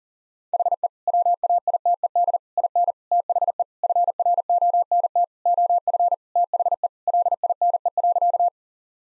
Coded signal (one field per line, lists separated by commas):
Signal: Morse code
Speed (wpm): 40 wpm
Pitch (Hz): 700 Hz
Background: none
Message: HE WAITED IN THE FRONT OF THE LINE.